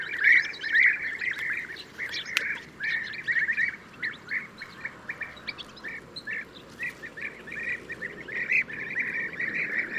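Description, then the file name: European bee-eater calling, burry rolled notes in short clusters from a few birds, loud at the start, then steadier calling with brief gaps. "gyurgyalag"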